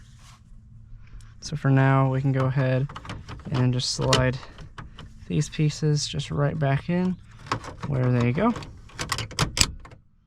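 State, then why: Seated. Someone talks while the plastic headlight and cargo-light switch pieces of a 1998–2007 Chevrolet Silverado are slid back into their dashboard trim openings after an LED upgrade. Near the end, a quick run of small sharp clicks is heard. The pieces snap into place at 9.4 s and 9.6 s.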